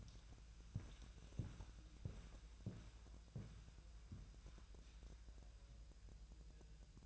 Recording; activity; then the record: daily activity, microphone in the room; walk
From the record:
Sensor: 2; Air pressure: 1001.8 hPa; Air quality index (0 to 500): 232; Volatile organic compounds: 61 ppm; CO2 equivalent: 3432 ppm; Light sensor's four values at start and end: 7/17/7/7 and 7/17/7/7